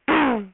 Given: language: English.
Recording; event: throat vibration sensor signal played as sound; throat clearing